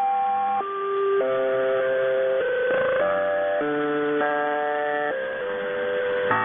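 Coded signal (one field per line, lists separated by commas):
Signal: channel marker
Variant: Bangkok Meteo interval signal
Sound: a short melody of about ten steady organ-like notes over hiss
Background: radio static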